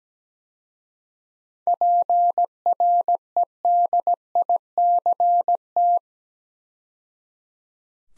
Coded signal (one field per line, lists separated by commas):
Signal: Morse code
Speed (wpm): 17 wpm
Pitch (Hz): 700 Hz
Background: none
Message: PREDICT